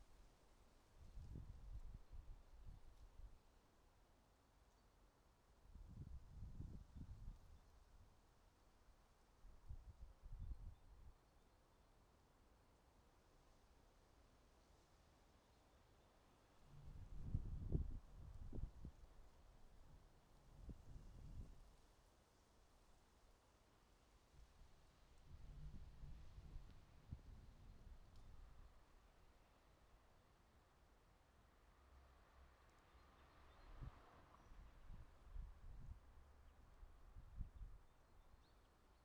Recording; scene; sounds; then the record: everyday scene through a hearing-aid microphone; wind on the microphone; wind, traffic, birds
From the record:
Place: suburban garden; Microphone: in the ear canal, right